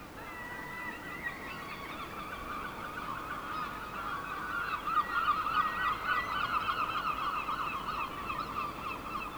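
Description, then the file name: A flock of gulls gives constant overlapping yelps and mewing cries that swell louder toward the middle. "seagulls"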